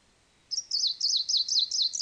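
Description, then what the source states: Greenish Warbler song: a rapid, high-pitched jumble of sliding, squeaky notes starting after a short silence and running on for about a second and a half. Subspecies viridanus; songs.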